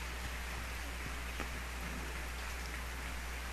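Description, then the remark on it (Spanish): A steady, dense wash of audience applause at a concert of the Orquesta Sinfónica de Xalapa, many hands clapping into an even hiss that holds at a constant, fairly soft level throughout, with no voices heard. “Agradecer la ovación del público y de los músicos.”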